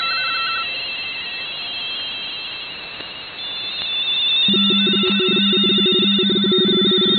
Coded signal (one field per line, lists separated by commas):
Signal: RTTY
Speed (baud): 45.45 baud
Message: KB7AZ KB7AZ KB7AZ K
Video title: MMVARI N1MM Plus Multi-RTTY